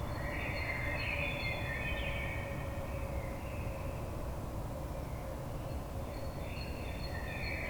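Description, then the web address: Common blackbird giving a faint warbling phrase at the start and another near the end, over a steady low rumble. Recorded on 22 May 2022. "oiseaux Merle 2022 05 22"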